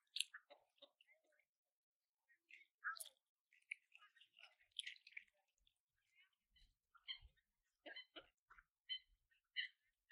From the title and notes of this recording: Today, we're feeding the ducks at the lake in Saltwell Park. Recorded in January. I went out and fed the ducks (and swans, and other birds that came along for the meal) peas.